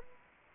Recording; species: mosquito wingbeat signal from an infrared sensor; Anopheles arabiensis